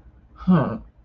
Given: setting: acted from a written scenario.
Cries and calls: vocal sound without words; sadness

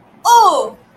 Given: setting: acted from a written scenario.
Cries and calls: vocal sound without words; sympathy

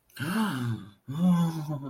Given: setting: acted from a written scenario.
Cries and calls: vocal sound without words; ecstasy

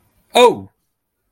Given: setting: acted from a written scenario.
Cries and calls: vocal sound without words; positive surprise

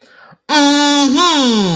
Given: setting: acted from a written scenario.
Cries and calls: vocal sound without words; triumph

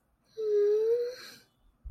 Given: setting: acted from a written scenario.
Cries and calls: vocal sound without words; sympathy

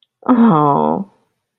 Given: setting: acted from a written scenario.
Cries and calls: vocal sound without words; disappointment

